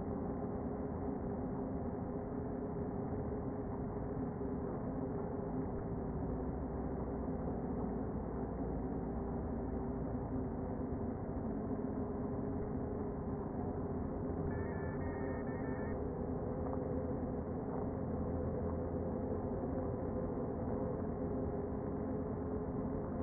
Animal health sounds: honeybee colony, microphone inside the hive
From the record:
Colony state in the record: queen present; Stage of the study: before two queens were removed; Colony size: about 60,000 bees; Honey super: yes

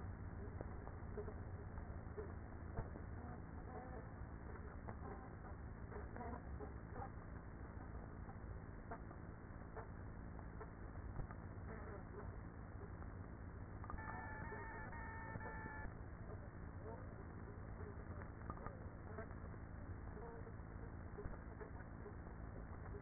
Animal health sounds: honeybee colony, microphone inside the hive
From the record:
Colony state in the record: queenless with a low population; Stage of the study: after two queens were removed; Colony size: about 30,000 bees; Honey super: no

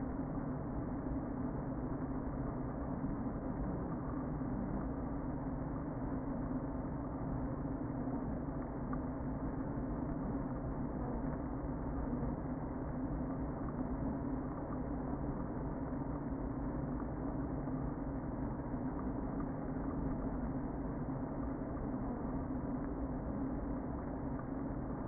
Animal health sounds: honeybee colony, microphone inside the hive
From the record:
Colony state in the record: queen present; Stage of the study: before two queens were removed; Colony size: about 60,000 bees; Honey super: yes

